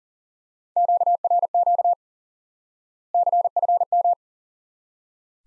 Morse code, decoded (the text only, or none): QRQ CFM